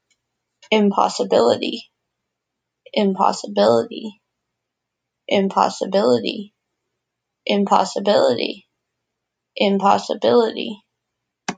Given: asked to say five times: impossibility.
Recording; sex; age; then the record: repeated word; female; 20 to 29 years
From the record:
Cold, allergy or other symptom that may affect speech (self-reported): no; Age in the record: 25 years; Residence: Massachusetts, United States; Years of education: 12